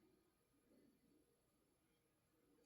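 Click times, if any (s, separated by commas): none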